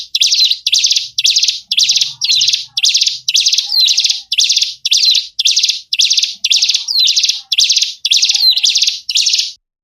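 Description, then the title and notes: Bird chatter in short, crisp, high bursts separated by clear gaps, roughly two per second, with a few faint lower whistles. Lure sounds to attract wary, stubborn birds that are hard to approach. "Suara Burung Bandel Yang Susah Mendekati. Kompilasi Suara Pikat Burung"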